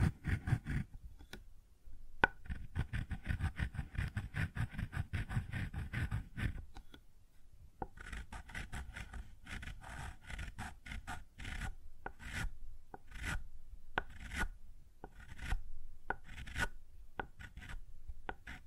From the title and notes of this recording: ASMR Sounds on Wooden Surface (No Talking).